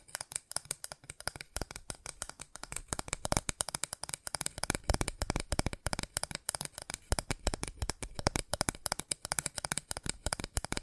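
Fast tapping in a dense, continuous stream of crisp clicks, each sharp and bright, packed so closely they nearly run together. The rhythm stays quick and irregular throughout, with the strongest taps grouped in bursts around the middle and no other sounds behind.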